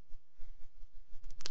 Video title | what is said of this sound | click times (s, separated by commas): Vlog: Building Shit | come on yeah that's what we want to hear we want to hear the pop the pop yeah now I can fly now I can fly right | 1.4 s, 1.5 s